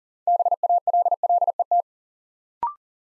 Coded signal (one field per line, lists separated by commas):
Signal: Morse code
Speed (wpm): 40 wpm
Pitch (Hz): 700 Hz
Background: none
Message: BALLET